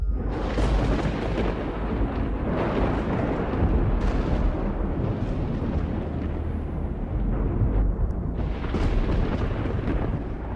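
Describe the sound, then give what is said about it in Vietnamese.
A deafening roll of thunder rumbles continuously for about ten seconds, deep and heavy, with crackling bursts swelling through the roar and no voices. “đột nhiên trên nền trời vang lên một tiếng sấm đinh tai nhức óc.”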